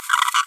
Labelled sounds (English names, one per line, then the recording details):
Green-rumped Parrotlet babbling
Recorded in a nest box in Venezuela
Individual 18B25A4